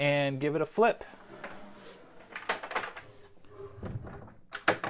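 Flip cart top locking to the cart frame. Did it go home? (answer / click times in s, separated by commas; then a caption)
yes / 4.7 s. Someone talks as a wooden flip cart top is unlatched at its window sash lock and rotated, with a few wooden knocks around 2.4–2.7 s. The top locks to the cart frame at its positive stop, held by the sash lock in the back corner, with a sharp hit at 4.7 s.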